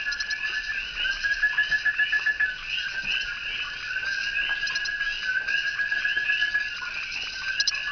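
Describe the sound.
Frogs calling in a dense chorus, steady buzzy tones overlapping with rapid pulsed notes, a louder burst of pulses early on, continuing throughout.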